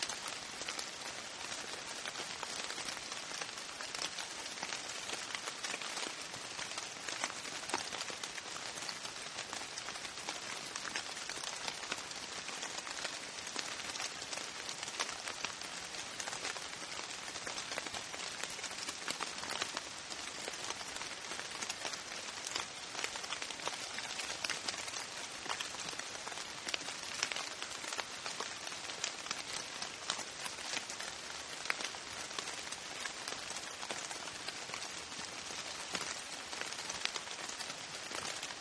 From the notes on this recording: the gentle patter of rain combined with the soothing echoes of distant thunder